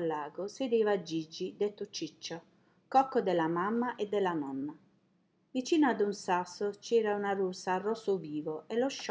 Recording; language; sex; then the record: read passage; Italian; female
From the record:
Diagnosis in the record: healthy control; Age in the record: 60 years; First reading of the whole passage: 59 s, 7.9 characters per second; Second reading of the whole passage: 55 s, 8.5 characters per second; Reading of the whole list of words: 44 s, 6.4 characters per second